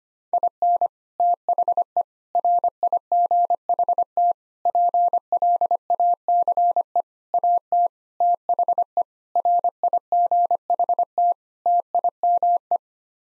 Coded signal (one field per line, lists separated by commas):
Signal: Morse code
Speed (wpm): 25 wpm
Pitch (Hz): 700 Hz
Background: none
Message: IN THE RIGHT PLACE AT THE RIGHT TIME